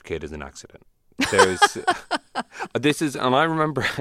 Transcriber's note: laughter